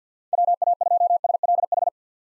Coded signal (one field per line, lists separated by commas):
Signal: Morse code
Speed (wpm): 50 wpm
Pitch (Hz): 700 Hz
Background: none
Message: WA2SLH